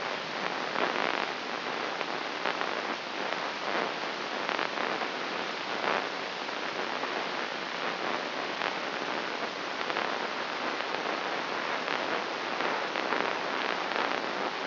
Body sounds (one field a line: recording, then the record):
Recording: brain microelectrode recording played as sound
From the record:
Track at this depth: inside the subthalamic nucleus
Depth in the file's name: 4.518 mm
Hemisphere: left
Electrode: 3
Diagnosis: Parkinson's disease